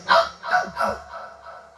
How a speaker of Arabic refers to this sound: كأنه جرو من الخارج. كأنه كلب أو جرو نسمع نباحه من الخارج. سمعته؟